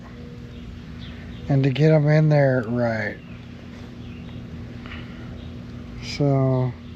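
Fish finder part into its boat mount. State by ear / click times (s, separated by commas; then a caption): not seated / none. A Lowrance fish finder part is being handled and lined up against its boat mount during installation while someone talks over a low steady background hum. Nothing has seated or clicked into place yet.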